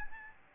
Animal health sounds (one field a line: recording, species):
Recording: mosquito wingbeat signal from an infrared sensor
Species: Aedes albopictus